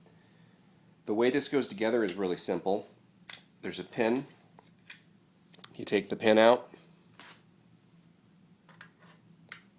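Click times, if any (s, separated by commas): none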